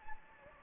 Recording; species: mosquito wingbeat signal from an infrared sensor; Anopheles gambiae